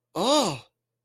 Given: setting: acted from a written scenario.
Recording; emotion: vocal sound without words; positive surprise